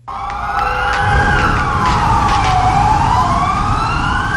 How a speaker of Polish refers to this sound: godzinę W stolica oddała hołd powstańcom. Rozległ się dźwięk syren, zatrzymały się samochody, autobusy i tramwaje i tłumy mieszkańców, a także tych, którzy przyjechali do miasta specjalnie dla tej chwili.